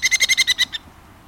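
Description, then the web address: Merlin uttering a quick chattering burst of about eight shrill, evenly spaced notes lasting under a second, followed by quiet. "Birdnote. Merlin"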